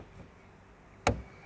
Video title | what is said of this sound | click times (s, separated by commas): Lexus IS250/IS350 - LED Interior & Exterior [Tutorial] | It's gonna click into place, and there you go. | 1.1 s